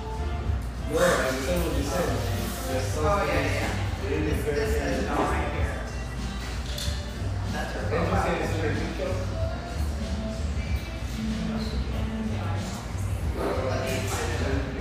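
Lively chatter fills a spacious tea room, many voices overlapping into a steady, dense murmur with no pauses. Individual voices rise briefly above the crowd every few seconds, and a low hum runs underneath throughout.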